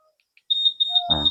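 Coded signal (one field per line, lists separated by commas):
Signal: beep code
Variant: Honda smart key answer-back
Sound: shrill high-pitched warbling beep, pulsing about every 0.15 seconds, cut off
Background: handling noise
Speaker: so kapag nakaen na na naka-mute may sounds y try natin no kung may sounds talaga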